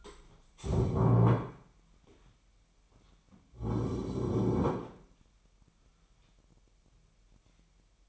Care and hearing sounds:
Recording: daily activity, microphone in the room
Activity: stand up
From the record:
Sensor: 1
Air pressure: 998.5 hPa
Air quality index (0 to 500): 119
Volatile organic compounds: 3 ppm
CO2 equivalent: 1424 ppm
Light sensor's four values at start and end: 8/19/8/9 and 8/20/8/9

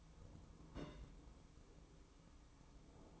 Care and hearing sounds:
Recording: daily activity, microphone in the room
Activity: place on stove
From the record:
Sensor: 1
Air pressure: 1008.1 hPa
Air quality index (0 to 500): 133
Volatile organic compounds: 2 ppm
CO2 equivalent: 1123 ppm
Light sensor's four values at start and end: 8/19/7/8 and 8/19/7/8

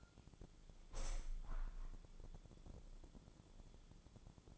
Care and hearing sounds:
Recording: daily activity, microphone in the room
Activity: open window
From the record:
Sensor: 5

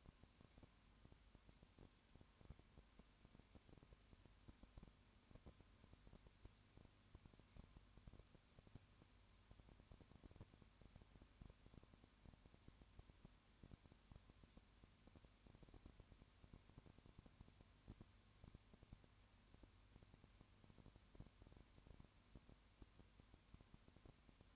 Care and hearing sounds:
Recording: daily activity, microphone in the room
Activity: no activity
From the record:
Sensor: 2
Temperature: 20.3 degrees Celsius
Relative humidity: 35.6%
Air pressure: 1001.0 hPa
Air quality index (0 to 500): 197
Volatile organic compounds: 5 ppm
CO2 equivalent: 1736 ppm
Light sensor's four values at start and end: 2/3/2/2 and 2/3/2/2

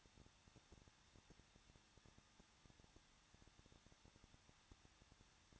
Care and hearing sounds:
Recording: daily activity, microphone in the room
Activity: no activity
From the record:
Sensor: 3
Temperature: 21.2 degrees Celsius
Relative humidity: 36.3%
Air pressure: 1006.3 hPa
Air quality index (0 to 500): 221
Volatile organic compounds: 40 ppm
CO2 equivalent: 3150 ppm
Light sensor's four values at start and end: 2/3/2/2 and 2/3/2/2

